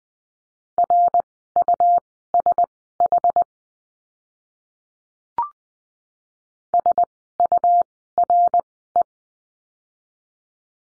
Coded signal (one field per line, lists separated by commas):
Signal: Morse code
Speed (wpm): 20 wpm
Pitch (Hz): 700 Hz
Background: none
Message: RUSH SURE